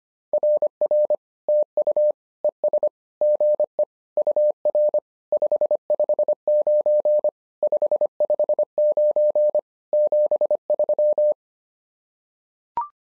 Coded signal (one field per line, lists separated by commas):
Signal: Morse code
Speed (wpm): 25 wpm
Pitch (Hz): 600 Hz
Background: none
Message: RR TU ES GE UR 559 559 73